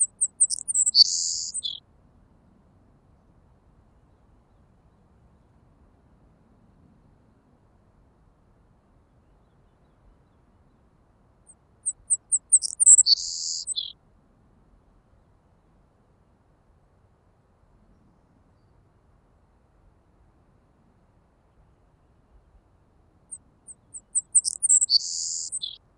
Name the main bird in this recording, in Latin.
Passerculus sandwichensis